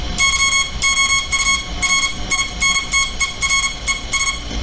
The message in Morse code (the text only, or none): YOUR INTERES